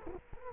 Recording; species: mosquito wingbeat signal from an infrared sensor; Culex quinquefasciatus